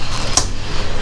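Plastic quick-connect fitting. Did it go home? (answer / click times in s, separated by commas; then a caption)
released / 0.4 s. A fuel line disconnect tool is clamped onto a fuel line and pushed in toward the fuel rail fitting, and the quick-connect releases with a sharp click at 0.4 s. The click stands out against steady low background noise, and the line is then free to slide off the fuel rail.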